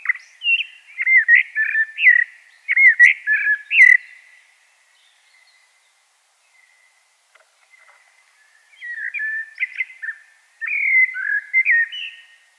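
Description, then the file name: Common blackbird song: mellow fluted whistled phrases with warbling turns, a burst in the first four seconds, a pause, then further phrases near the end. "Turdus merula"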